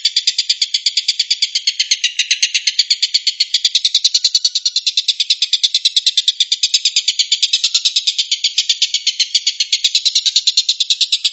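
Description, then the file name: Stork-billed kingfisher producing a long, unbroken raspy rattle, rapid clicking pulses repeated several times a second at a steady level. Tengkek buto giving the "tembakan" (shooting) call style. "suara tembakan tengkek buto"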